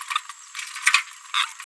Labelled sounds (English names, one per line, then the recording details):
Green-rumped Parrotlet babbling
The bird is a female
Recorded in a nest box in Venezuela
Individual 17B73B2